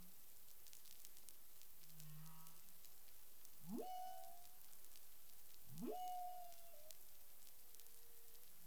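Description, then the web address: Humpback whale calls, a low hum followed by two steep rising sweeps that level into whistled tones, the second trailing into a falling glide, amid underwater crackle. Recorded 13 February 2021 at 10:29 UTC. "CARIMAM. humpback whale 20210213 102928 UTC"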